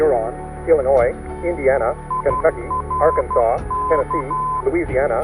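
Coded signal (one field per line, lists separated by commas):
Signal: Morse code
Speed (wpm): 12 wpm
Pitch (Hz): 1020 Hz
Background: speech, music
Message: IRK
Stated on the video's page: VOR station identifier in Morse, heard on a Garmin 430 and a secondary NAV receiver aboard a Cessna 170 during an airborne VOR check.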